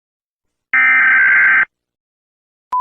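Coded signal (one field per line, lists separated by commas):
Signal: Emergency Alert System (SAME) tones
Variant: header bursts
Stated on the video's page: EAS alarms for Pará municipalities, mostly homemade, some of them mocks.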